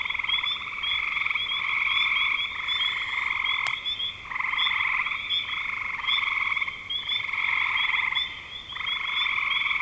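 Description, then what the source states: Frogs chorusing with rapid rattling trills in bursts, a single sharp click near four seconds cutting briefly through the calls. Recorded in spring 2025.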